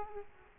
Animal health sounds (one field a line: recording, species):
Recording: mosquito wingbeat signal from an infrared sensor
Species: Aedes aegypti